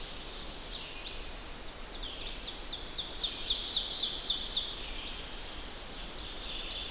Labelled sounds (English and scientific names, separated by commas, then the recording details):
Ovenbird (Seiurus aurocapilla) song
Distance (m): 60 m
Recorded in boreal forest in Alberta, Canada, on 10 June 2016 at 07:02
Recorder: SongMeter 3, array SBT-3-39
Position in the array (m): 231 m, 95 m
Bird 17